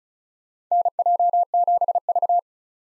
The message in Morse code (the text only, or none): NJ7V